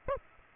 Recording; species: mosquito wingbeat signal from an infrared sensor; Aedes aegypti